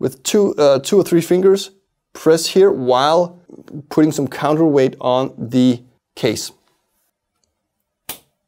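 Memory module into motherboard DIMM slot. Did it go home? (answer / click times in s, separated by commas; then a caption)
yes / 8.1 s. A memory module is pressed into a motherboard DIMM slot with two or three fingers while counterweight is put on the case, as someone talks. After the speech stops, the slot's retention clip snaps shut with a single sharp click at 8.1 s, and the module is seated.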